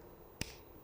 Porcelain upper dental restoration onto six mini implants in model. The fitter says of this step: restoration that is fully functional and snaps into place.